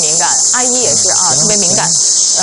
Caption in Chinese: 夏天知了来了，蝉鸣声。